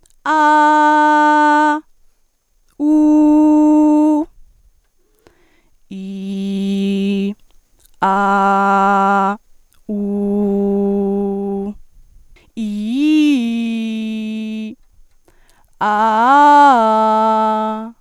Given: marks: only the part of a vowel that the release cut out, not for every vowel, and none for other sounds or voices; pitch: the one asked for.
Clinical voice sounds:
sustained vowels; female; 20 to 29 years; 0; 0; 0
0.43-1.59 s: vowel /a/, high pitch
3.00-4.07 s: vowel /u/, high pitch
6.17-7.22 s: vowel /i/, low pitch
8.14-9.21 s: vowel /a/, low pitch
10.09-11.45 s: vowel /u/, low pitch
12.65-13.97 s: vowel /i/, low-high-low pitch
15.95-17.28 s: vowel /a/, low-high-low pitch
From the record:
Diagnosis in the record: healthy voice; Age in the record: 20 years

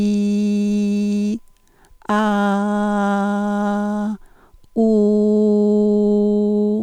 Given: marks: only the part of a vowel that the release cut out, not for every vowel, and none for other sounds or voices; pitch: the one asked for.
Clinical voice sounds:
sustained vowels; female; 50 to 59 years; 1; 1; 1
0.00-1.23 s: vowel /i/, normal pitch
2.59-3.97 s: vowel /a/, normal pitch
5.11-6.59 s: vowel /u/, normal pitch
From the record:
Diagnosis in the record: functional dysphonia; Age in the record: 56 years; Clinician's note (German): Multifaktoriell

